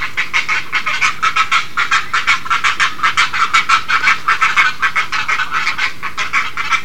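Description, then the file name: Great egret harsh calls, a brisk run of gritty, rasping pulses continuing without pause. "kotuku"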